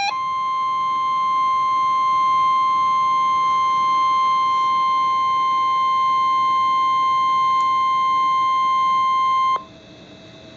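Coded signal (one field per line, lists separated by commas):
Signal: Emergency Alert System (SAME) tones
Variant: 1050 Hz attention tone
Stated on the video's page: Real NOAA Weather Radio alert tones for a severe thunderstorm warning.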